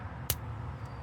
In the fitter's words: it just clicks in place.